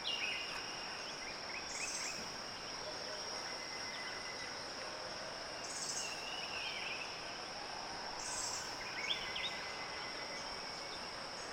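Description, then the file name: Crickets singing in a continuous high drone, with several short bird chirps and whistled phrases scattered through, over steady jungle background noise. Calm morning in a jungle in Thailand, with birds and echo. "Thailand Jungle Calm Morning With Birds And Crickets Echo Natural"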